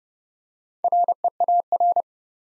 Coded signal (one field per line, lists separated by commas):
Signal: Morse code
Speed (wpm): 29 wpm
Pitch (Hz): 700 Hz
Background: none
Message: REAR